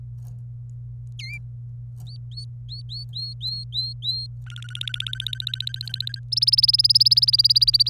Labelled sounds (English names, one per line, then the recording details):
Domestic Canary song
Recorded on 26 April 2018 at 16:25
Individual llb3